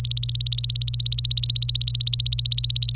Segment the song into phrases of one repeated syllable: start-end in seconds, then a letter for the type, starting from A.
0.00-2.96 A